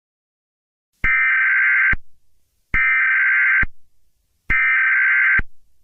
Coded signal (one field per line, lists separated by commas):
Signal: Emergency Alert System (SAME) tones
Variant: header bursts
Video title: The Turkey Hunters | A Thanksgiving EAS Scenario (Special)